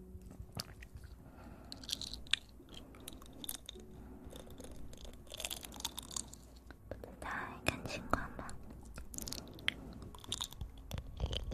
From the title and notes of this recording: Relaxing Ear Eating.